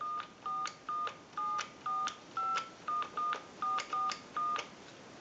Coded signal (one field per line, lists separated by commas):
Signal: DTMF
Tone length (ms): 210 ms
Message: 4 745 44